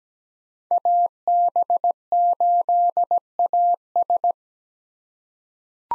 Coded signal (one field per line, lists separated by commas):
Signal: Morse code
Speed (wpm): 17 wpm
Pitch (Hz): 700 Hz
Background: none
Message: AB8AS